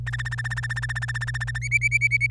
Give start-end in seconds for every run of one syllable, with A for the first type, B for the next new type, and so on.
0.07-1.58 A, 1.62-2.30 B